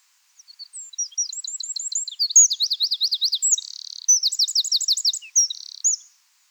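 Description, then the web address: Eurasian wren singing a fast, ringing outburst of high trills and chattering notes that varies in pace over about five and a half seconds. "SETE Troglodytes troglodytes"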